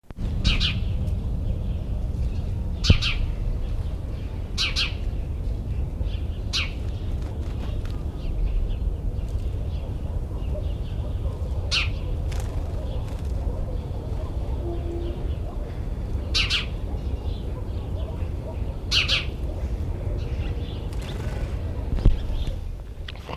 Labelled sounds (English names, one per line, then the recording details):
House Sparrow
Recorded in the wild
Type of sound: call, flight sound
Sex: male
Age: adult
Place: Tierpark Berlin, Berlin, DE
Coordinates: 52.5, 13.5333
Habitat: park
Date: 1974-01-13 10:10
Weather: sunny, ca. 5°C
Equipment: Uher 4200 Report Stereo, Sennheiser MD 421, Verstärker
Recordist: Tembrock, Günter
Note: Männchen: freifliegend, Rufe